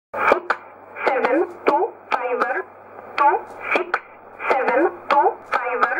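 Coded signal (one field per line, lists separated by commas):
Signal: numbers station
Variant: E11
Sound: about seven short spoken words, evenly spaced, over band-limited shortwave radio noise with crackles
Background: radio static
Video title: 03 03 2015 Numbers station E11 1304 on 15632 USB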